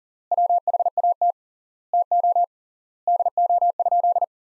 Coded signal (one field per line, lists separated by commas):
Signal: Morse code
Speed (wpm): 37 wpm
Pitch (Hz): 700 Hz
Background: none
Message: WHAT TO DO?